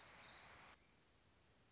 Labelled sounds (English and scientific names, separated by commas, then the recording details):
Orange-crowned Warbler (Leiothlypis celata)
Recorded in Sonoma County, California